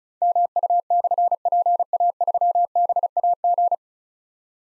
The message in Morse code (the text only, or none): MU/PA3BAG